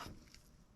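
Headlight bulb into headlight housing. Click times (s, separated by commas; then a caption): 0.3 s. A replacement H7 low-beam headlight bulb assembly is twisted into the headlight housing of a 2018 Hyundai Tucson. A short, sharp click at 0.3 s marks it seating home over a quiet low rumble, with a dull low thump near the end. The bulb is seated.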